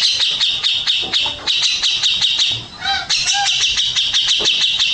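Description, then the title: Grey-cheeked bulbul pouring out a quick, harsh, buzzy chatter, briefly broken by a couple of soft whistled notes before the rattling continues. "Cucak Jenggot"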